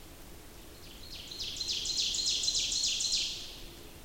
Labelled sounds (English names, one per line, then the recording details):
Ovenbird song
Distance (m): 50 m
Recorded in boreal forest in Alberta, Canada, on 28 May 2016 at 06:15
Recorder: SongMeter 3, array SBT-3-49
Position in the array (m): 89 m, 250 m
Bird 14